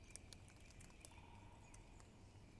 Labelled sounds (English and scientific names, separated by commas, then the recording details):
Great Spotted Woodpecker (Dendrocopos major)
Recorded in Germany
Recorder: ecoPi